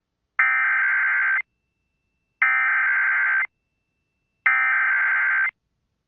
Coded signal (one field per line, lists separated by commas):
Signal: Emergency Alert System (SAME) tones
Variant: header bursts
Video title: EAS Captures: Radar Indicated Tornado Over Rawlins and Decatur County KS